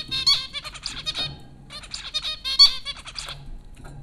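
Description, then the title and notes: Zebra finch calls, rapid nasal tooting beeps in two dense bursts with a short pause between. Zebra finches at Popcorn School, Flatbush, Brooklyn, New York, April 15, 2009. "Dronecast: The Popcorn Finches Four from Apr 15, 2009. Zebra finches recorded by Dan Bodah at Popcorn School, Flatbush, Brooklyn NY in April 2009"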